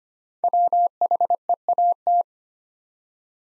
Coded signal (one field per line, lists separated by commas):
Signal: Morse code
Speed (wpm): 25 wpm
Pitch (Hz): 700 Hz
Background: none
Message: WHEAT